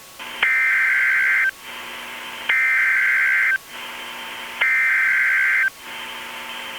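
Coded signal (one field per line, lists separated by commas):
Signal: Emergency Alert System (SAME) tones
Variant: header bursts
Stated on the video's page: Fictional EAS scenario, not a real broadcast, possibly containing valid EAS tones.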